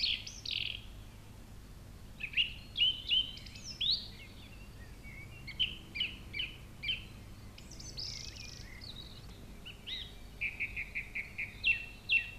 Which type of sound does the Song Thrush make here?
song